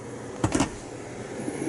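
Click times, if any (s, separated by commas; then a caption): 0.4 s. The swivelling seat on a home-built tracked dozer, made from a track trencher, is turned until its swivel lock engages with one sharp metallic click at 0.4 s. A couple of quick follow-up knocks come just after, then only a low steady background hum remains, and the seat is locked in position.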